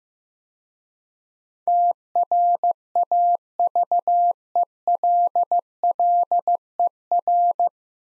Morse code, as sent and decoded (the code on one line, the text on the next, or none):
- .-. .- ...- . .-.. .-.. . .-.
TRAVELLER